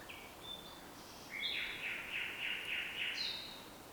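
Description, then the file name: Common nightingale song: a whistle, then a rapid series of rich repeated notes and a closing high whistle over steady background hiss. "Luscinia megarhynchos"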